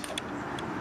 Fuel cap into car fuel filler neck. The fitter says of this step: you only have to take the old one off and screw the new one in make sure it clicks